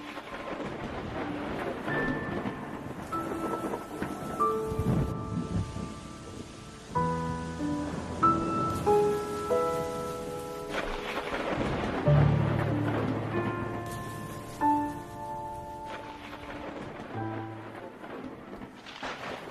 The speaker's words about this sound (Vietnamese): Ở ngoài kia, mưa gió sấm sét vẫn cứ buông răng răng. Thỉnh thoảng những tia sét lập lòe chiếu hắt lên khuôn mặt của mẹ nó đã trắng nhợt.